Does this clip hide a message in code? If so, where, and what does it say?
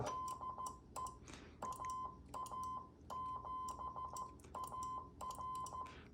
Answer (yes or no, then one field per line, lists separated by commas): yes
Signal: Morse code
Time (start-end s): 0.1-5.8 s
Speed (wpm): 14 wpm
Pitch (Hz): 1030 Hz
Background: none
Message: DE AA7AR